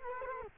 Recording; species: mosquito wingbeat signal from an infrared sensor; Culex quinquefasciatus